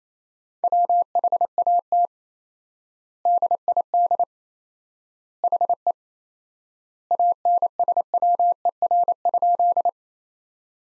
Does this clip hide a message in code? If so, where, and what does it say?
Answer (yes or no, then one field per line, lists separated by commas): yes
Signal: Morse code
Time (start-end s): 0.6-9.9 s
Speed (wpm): 28 wpm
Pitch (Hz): 700 Hz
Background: none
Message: WHAT DID HE ANSWER?